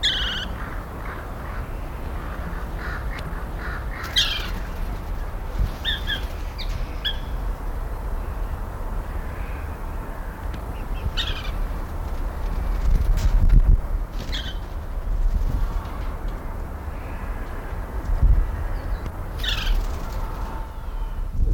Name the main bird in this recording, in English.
White-throated Laughingthrush